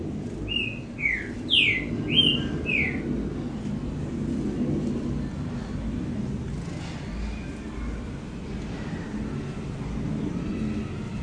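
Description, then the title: Double-collared seedeater singing a short phrase of several slurred, whistled notes at the start, then only a continuous low rumbling background. "Canto Coleiro"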